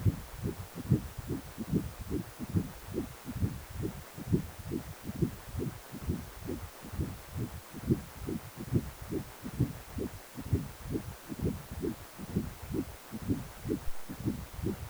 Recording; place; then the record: Doppler ultrasound of blood flow; precordium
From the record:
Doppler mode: continuous wave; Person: healthy adult, 18 to 50 years, no heart murmur, not diving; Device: 2.5 MHz transducer